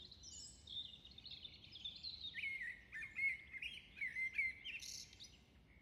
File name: blackbird